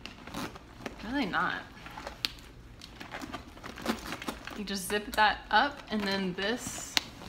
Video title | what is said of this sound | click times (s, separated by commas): WHAT'S IN MY MCM BACKPACK | cool zipper pool thing connects here and it locks into place so I just | 7.0 s